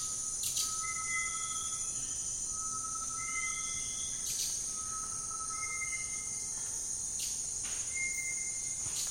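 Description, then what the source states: Bird: drawn-out level whistles, some lower and some higher, alternating over a steady shrill wall of insect noise, with brief soft clicks. Lazy afternoon by a slow-flowing stream in the Amazon basin.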